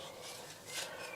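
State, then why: Not seated. A metal grease dust cap is being handled onto a drive belt idler pulley from a Porsche 911 996 C4S, after the pulley bearing has been repacked with grease. Only soft, steady rubbing and handling noise is heard, with a slightly brighter scrape near 0.8 s. The cap has not yet clicked on or seated.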